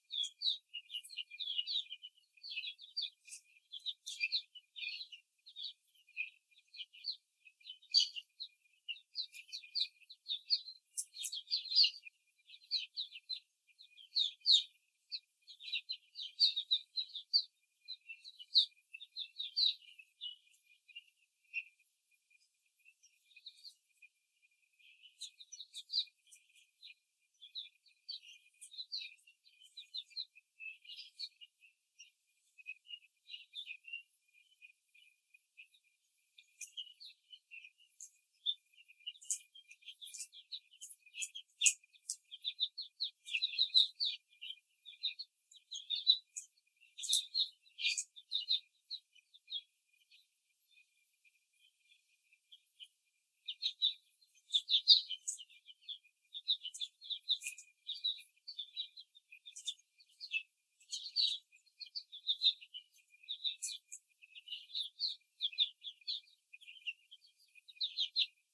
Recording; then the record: young laying hens in a cage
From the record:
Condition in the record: before the stressor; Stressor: simulated dog barking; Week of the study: 3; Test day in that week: 2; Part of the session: 3